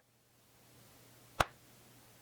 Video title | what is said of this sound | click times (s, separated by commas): CHATTY PATTERN TESTING VLOG - USING TEXTURED YARN | here, so you guys can hear the click. It'll be like a half click. | 1.4 s